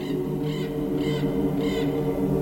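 crows cawing

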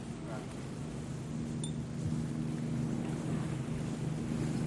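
boat approaching on water

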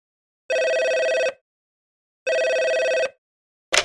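telephone ringing

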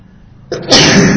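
sneeze

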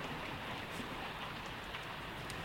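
rain falling

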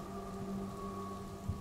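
rain and rolling thunder

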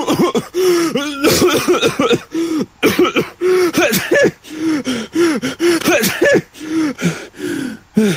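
coughing

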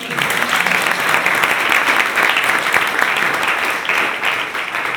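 audience applause

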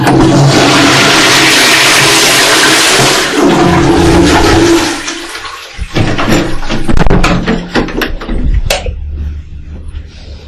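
toilet flushing

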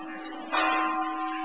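bell ringing

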